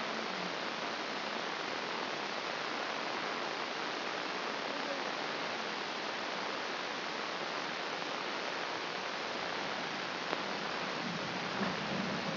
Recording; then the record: brain microelectrode recording played as sound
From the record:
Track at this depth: outside the subthalamic nucleus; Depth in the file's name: 0.346 mm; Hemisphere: left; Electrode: 2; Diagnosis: Parkinson's disease